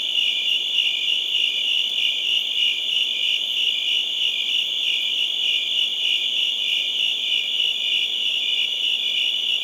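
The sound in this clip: Cricket chorus, a shrill unbroken trill with a faint regular throb about three beats per second throughout.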